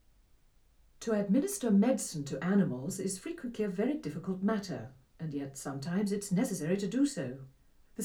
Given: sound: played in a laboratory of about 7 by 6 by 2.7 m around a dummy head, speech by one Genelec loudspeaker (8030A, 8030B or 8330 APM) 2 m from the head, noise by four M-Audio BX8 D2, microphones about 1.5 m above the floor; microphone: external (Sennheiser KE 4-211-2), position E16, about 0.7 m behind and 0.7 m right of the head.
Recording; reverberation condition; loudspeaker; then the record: female speech in English; low; 120 degrees to the left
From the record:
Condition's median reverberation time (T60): about 310 ms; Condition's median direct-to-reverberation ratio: about 3.5 dB